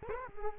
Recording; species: mosquito wingbeat signal from an infrared sensor; Culex quinquefasciatus